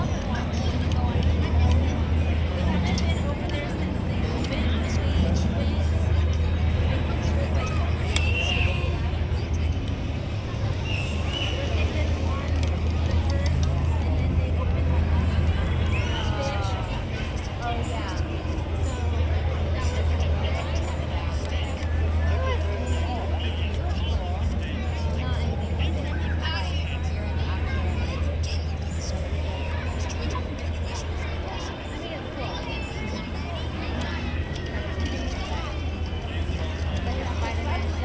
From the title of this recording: Oga's Cantina (Disneyland) Binaural Ambience